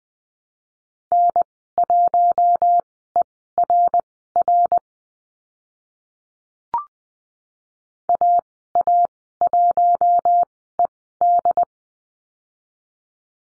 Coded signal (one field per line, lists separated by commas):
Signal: Morse code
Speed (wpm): 20 wpm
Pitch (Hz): 700 Hz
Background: none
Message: N1ERR AA1ED